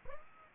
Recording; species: mosquito wingbeat signal from an infrared sensor; Aedes aegypti